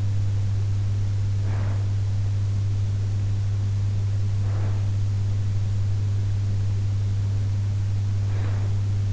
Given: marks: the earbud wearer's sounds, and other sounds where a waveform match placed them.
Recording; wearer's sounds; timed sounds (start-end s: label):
sounds in sleep by an in-ear microphone; breath
1.00-2.34 s: breath
3.85-5.18 s: breath
7.86-9.13 s: breath